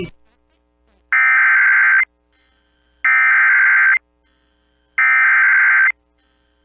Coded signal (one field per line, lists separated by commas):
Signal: Emergency Alert System (SAME) tones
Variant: header bursts